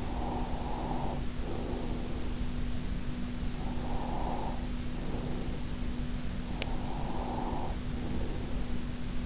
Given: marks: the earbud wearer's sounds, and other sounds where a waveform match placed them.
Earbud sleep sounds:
sounds in sleep by an in-ear microphone; breath
0.00-2.60 s: breath
3.43-5.81 s: breath
6.43-8.43 s: breath

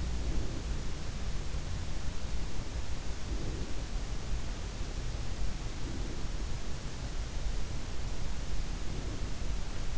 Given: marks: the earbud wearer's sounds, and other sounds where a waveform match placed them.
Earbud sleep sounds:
sounds in sleep by an in-ear microphone; breath
0.00-0.89 s: breath
3.07-3.96 s: breath
5.52-6.59 s: breath
8.52-9.63 s: breath

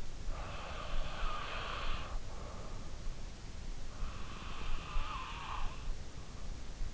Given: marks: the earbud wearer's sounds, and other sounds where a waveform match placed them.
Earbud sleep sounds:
sounds in sleep by an in-ear microphone; breath
0.32-2.78 s: breath
4.10-6.61 s: breath

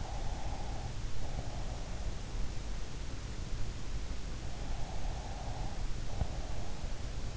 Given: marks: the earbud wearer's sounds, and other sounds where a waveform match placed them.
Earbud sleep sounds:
sounds in sleep by an in-ear microphone; breath
0.02-2.65 s: breath
4.85-7.37 s: breath

